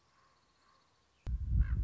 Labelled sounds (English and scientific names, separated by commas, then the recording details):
Common Raven (Corvus corax)
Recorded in Sonoma County, California